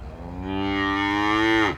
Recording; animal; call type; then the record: contact call of a hoofed animal; cattle; low-frequency (closed-mouth) or high-frequency (open-mouth) call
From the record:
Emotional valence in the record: negative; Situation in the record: full separation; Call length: 1.77 s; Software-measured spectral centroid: 1780 Hz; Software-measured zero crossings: 1770 a second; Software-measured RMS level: -23 dBFS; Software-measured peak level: -9 dBFS